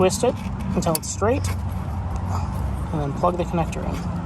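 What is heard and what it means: Someone talks while working on the new low beam headlight bulb on the driver's side of a 2013–2017 Honda Accord, with the bulb twisted straight and the wiring harness connector about to be plugged onto its base. A steady low rumble runs underneath the speech. Nothing has seated or clicked yet; the connector is handled but not yet home.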